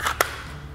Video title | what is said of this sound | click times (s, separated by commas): Frontier Justice's Guide to Concealed Carry Holsters | and again with kydex ones you can hear it click into place | 0.2 s